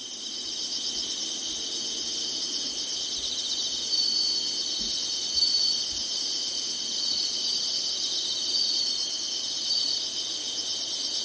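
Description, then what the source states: Insects singing in a dense, steady chorus of high shrill trilling bands, pulsing slightly throughout, with a few faint low thumps in the background. Summer insect chorus.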